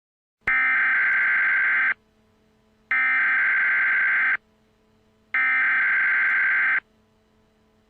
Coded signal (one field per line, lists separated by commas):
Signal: Emergency Alert System (SAME) tones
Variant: header bursts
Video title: EAS Emergency Alert System Channel: Severe Thunderstom Warning in Glasgow